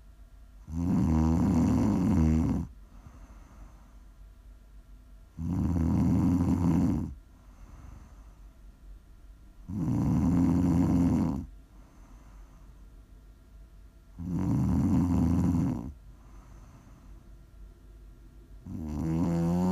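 Loud, rumbling low-pitched snores recur regularly at about 14 per minute, each lasting around two seconds, with quieter breathing between them. This is ordinary sleep snoring.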